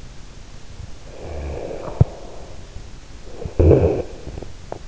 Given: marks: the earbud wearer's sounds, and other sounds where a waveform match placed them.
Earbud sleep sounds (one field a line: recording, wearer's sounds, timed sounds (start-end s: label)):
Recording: sounds in sleep by an in-ear microphone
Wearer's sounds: snoring breath, cough or throat clearing or sniffle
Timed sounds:
0.77-3.19 s: snoring breath
3.14-4.88 s: cough or throat clearing or sniffle